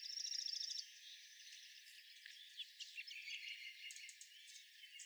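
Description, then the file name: Junco giving a quick, even, high trill at the start, followed by scattered soft chirps and twitters from other birds. Recorded on 21 April 2011. "2011-04-21 Junco"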